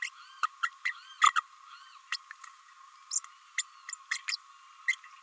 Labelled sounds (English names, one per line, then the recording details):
Green-rumped Parrotlet babbling
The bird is a female
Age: 29 days
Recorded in a nest box in Venezuela
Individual 17B32A5